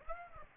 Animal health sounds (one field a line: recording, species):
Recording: mosquito wingbeat signal from an infrared sensor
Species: Aedes aegypti